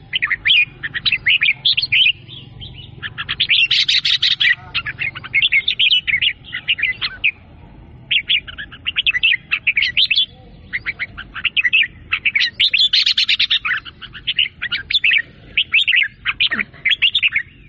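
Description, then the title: Sooty-headed bulbul singing in long, dense chattering bursts of quick bubbly notes with brief pauses, over a soft low hum. "Burung Kutilang"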